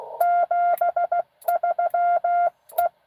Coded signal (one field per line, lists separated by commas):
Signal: Morse code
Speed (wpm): 15 wpm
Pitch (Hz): 700 Hz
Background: none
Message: 73 E